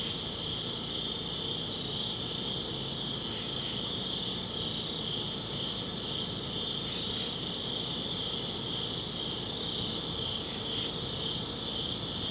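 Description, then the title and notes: Cricket chorus trilling steadily at high pitch, doubled chirps standing out every few seconds, low hum in the background. Crickets outdoors at a summit at dusk. "Ext. Summit Crickets, Dusk by Bandeto"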